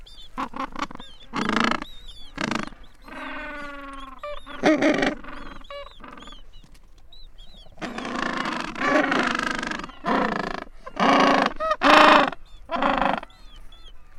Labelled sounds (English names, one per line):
Gentoo Penguin call